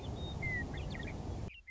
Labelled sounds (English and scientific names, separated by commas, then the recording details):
Western Meadowlark (Sturnella neglecta)
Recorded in Sonoma County, California